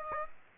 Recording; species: mosquito wingbeat signal from an infrared sensor; Aedes aegypti